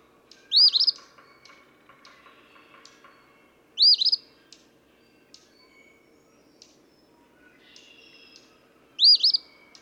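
Eastern phoebe singing harsh, buzzy two-part phrases, three in all at irregular gaps, over faint chattering of other birds.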